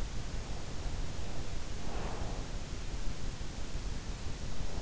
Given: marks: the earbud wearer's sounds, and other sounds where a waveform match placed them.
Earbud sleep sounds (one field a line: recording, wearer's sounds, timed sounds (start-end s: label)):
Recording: sounds in sleep by an in-ear microphone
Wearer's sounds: breath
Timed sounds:
1.51-3.52 s: breath